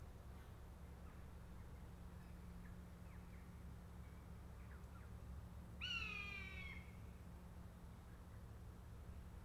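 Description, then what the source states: Buzzard gives one loud falling mew after several seconds of low hum and faint short chirps. A pair of buzzards.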